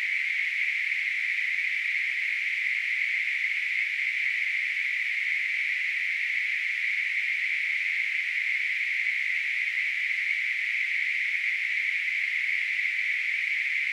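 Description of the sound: A steady, high-pitched hiss, like a narrow band of rushing noise, holds at an even level for about 14 seconds without pauses or changes. It is a simulation of noise-type tinnitus, the constant sound a person with tinnitus hears in the ears.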